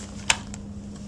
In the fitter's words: there you go you may need to kind of rotate it in to get the snap so we know it's firmly connected now